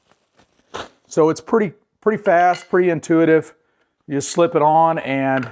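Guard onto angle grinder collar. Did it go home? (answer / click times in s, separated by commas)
no / none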